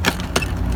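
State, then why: Not seated. The plastic dust canister of a Dyson DC24 All Floors upright vacuum, whose ball and canister filters were removed and cleaned because of a whining noise, is handled back into place on the vacuum body. Two short sharp knocks sound at about 0.1 s and 0.4 s over a steady low background hum. Nothing has seated or snapped home yet.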